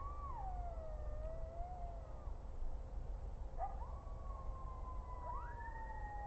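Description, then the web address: Coyotes howling: several long, overlapping howls that glide down and up in pitch, with sharp rising swoops, over a low, steady background rumble. Coyotes on an audio monitor, 30 December 2009, 21:35. "rmaher. coyotes"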